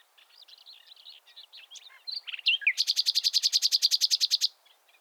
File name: Luscinia megarhynchos